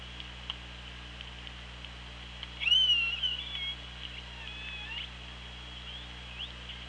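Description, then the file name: Orca call, a single high harmonic whistle lasting under a second, wavering then falling slightly, over steady underwater hiss and low hum. OrcaLab hydrophone, 24 August 2017 at 16:03:43. "Orca Lab 20170824 160343"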